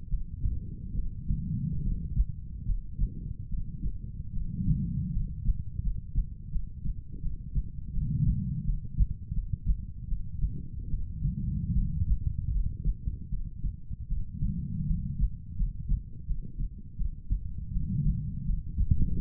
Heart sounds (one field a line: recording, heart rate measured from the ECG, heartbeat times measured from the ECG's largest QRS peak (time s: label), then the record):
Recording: heart sounds by stethoscope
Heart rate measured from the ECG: 79 bpm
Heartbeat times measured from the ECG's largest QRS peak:
0.08 s: heartbeat
0.93 s: heartbeat
1.81 s: heartbeat
2.64 s: heartbeat
3.48 s: heartbeat
4.31 s: heartbeat
5.11 s: heartbeat
5.81 s: heartbeat
6.50 s: heartbeat
7.20 s: heartbeat
7.92 s: heartbeat
8.64 s: heartbeat
9.33 s: heartbeat
10.07 s: heartbeat
10.89 s: heartbeat
11.73 s: heartbeat
12.50 s: heartbeat
13.28 s: heartbeat
14.07 s: heartbeat
14.85 s: heartbeat
15.55 s: heartbeat
16.25 s: heartbeat
16.96 s: heartbeat
17.71 s: heartbeat
18.44 s: heartbeat
19.14 s: heartbeat
From the record:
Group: healthy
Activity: cold pressor test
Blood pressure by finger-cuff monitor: 116/66 mmHg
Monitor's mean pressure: 85 mmHg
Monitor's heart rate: 77 bpm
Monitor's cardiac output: 7.2 L/min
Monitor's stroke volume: 90 mL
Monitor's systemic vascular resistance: 860 dyn s/cm5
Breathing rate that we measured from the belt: 18 breaths a minute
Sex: female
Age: 23 years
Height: 160 cm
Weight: 50.4 kg